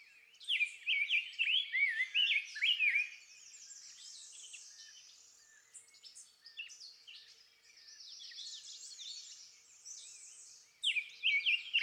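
Rose-breasted grosbeak song in two warbling bursts of short looping whistles, separated by softer high twittering.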